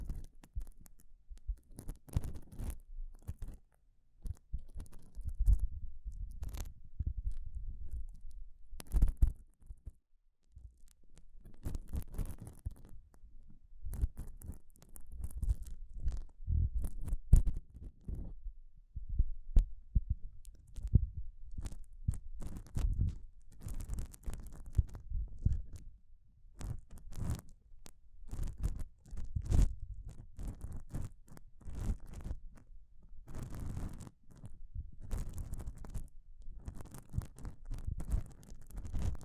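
Gloves being handled, with a continuous run of rubbing, scrunching and flexing sounds. The noises come in quick irregular bursts, mostly low and muffled with occasional brighter crackly scrapes, and a brief lull near ten seconds before the handling resumes steadily.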